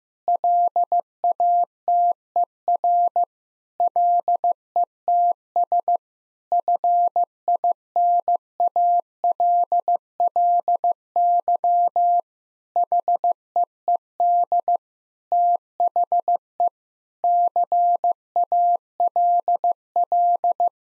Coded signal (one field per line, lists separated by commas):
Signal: Morse code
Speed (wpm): 15 wpm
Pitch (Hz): 700 Hz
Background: none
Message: LATER LETS FINALLY HEED THE CALL